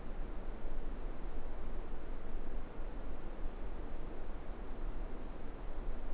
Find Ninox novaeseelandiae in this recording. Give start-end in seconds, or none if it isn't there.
none